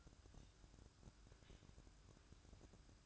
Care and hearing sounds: daily activity, microphone in the room; take from stove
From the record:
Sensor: 2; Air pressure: 1007.8 hPa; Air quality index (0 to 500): 104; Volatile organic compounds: 1 ppm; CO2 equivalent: 782 ppm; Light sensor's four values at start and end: 6/15/6/6 and 6/15/6/6

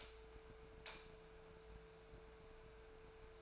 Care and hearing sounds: daily activity, microphone in the room; light on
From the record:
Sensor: 2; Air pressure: 1014.6 hPa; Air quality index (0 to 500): 184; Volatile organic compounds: 14 ppm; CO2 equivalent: 2435 ppm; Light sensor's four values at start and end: 29/71/31/34 and 34/88/37/40

